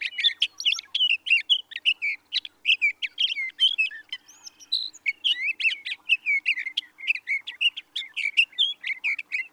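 Sage thrasher pouring out a long warbling song, dense runs of rapid notes with a brief softer stretch midway before resuming at full pace.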